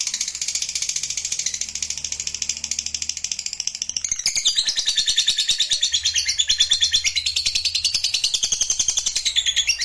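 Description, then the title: Lovebird giving a fast, buzzy chattering song that steps up in loudness after four seconds and continues unbroken. Used to provoke a reluctant lovebird into singing spontaneously. "LOVEBIRD Malas Bunyi JADI GREGET SPONTAN Langsung NARIK"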